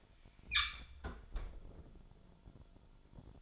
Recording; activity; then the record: daily activity, microphone in the room; close fridge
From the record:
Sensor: 5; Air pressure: 1007.9 hPa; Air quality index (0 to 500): 96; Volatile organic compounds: 1 ppm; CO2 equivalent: 752 ppm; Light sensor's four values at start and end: 41/95/39/41 and 38/88/37/38